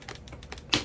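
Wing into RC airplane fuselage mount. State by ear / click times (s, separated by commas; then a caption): seated / 0.7 s. The plastic/foam wing of an HSDJets Cessna 182 RC plane is worked into its fuselage mount, with faint light taps and rubbing as it goes in partway. At 0.7 s it pops the rest of the way in with a loud, sharp click, showing the wing is seated all the way in.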